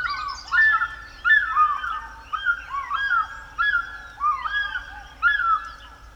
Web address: cantos aguipescafrica